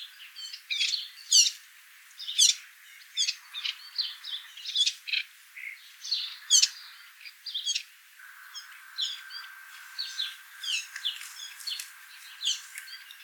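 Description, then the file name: Eurasian blackcap giving sharp, dry clicking calls at irregular intervals, mixed with high twittering and chirping notes from other small birds throughout. "Sylvia atricapilla"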